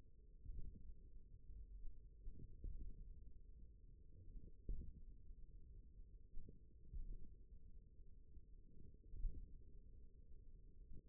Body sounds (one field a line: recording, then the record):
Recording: forearm muscle sounds (acoustic myography)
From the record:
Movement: finger pinch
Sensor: system 1, eight BSWA MPA416 microphones around the upper forearm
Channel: 4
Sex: male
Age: 41 years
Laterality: right